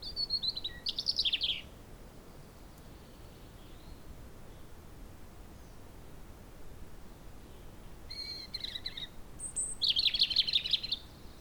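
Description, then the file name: European robin song: two bursts of high, thin, varied whistled notes and quick trills, separated by a long quiet pause with faint background hiss. "Erithacus rubecula"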